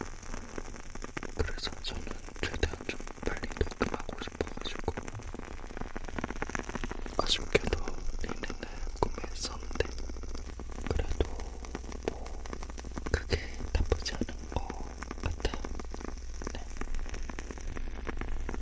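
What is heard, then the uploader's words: A wooden candle wick crackles steadily, with dense, irregular pops and snaps throughout and a low hum underneath. 타닥타닥 듣기 좋은 우드윅 캔들 소리 : woodwick candle sound asmr.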